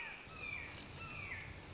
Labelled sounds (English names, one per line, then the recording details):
Red-shouldered Hawk
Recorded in Sonoma County, California